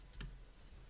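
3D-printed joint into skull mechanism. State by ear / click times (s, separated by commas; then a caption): seated / 0.2 s. A 3D-printed plastic joint is pushed into place on the other side of a skull mechanism and gives one short, sharp snap at 0.2 s, rising well above a low, steady background hum. The joint seats with that snap.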